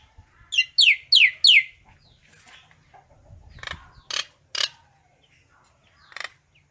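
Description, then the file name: Common myna calls: three quick descending whistles, then short harsh rasping notes spaced by brief gaps. Calls given to gather the flock. "Tieng sao nau goi bay"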